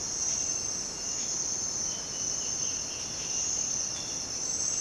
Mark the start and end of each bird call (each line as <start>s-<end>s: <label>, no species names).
0.12s-1.42s: bird call
1.84s-3.90s: bird call